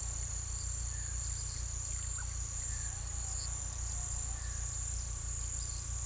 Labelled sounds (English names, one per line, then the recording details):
none
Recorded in pastures near Puerto Asís, Putumayo, Colombia, on 18 December 2024 at 09:00
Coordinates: 0.486, -76.323
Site GP01